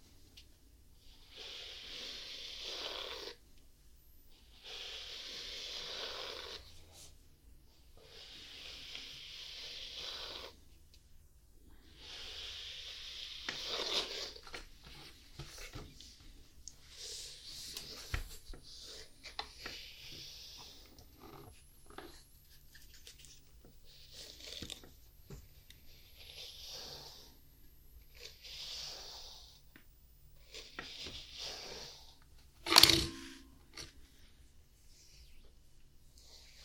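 A cat named Lenny is brushed in a series of soft, hissing strokes, each lasting a second or two and coming every few seconds for the first fifteen seconds. Afterward the strokes grow quieter and are broken up by scattered rustles and clicks, with one sharp knock near the 33-second mark.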